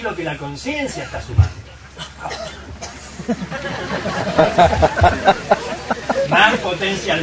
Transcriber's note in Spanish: risas